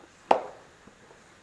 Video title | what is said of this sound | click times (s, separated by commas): Changer son pneu VTT - Les astuces | Normalement, on doit entendre un petit clac. Ouais, quand ça claque, c'est que le pneu il est venu se coller sur les parois de la jante. | 0.3 s